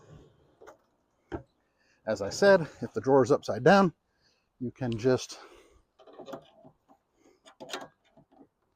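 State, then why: Released. Someone talks while working on the release latch of a drawer slide on a cabinet drawer. A few faint taps are followed by a sharp click at 7.7 seconds as the small latch piece is moved out of the way. The drawer slide latch is unlatched.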